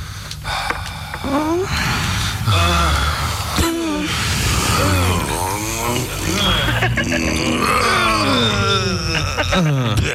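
Several voices groan and moan loudly with sliding, wavering pitch, mixed with heavy breathy panting and gasps, continuing without pause throughout.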